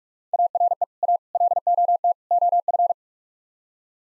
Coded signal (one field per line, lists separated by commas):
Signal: Morse code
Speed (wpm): 44 wpm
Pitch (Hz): 700 Hz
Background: none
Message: ARE A LOT OF